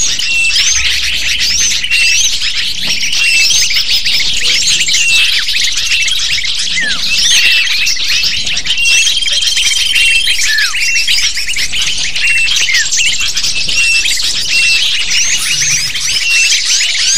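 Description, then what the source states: A lovebird flock in constant shrill chatter, with many quick squeaky chirps layered together and occasional long even whistled notes. Sound used to lure lovebirds.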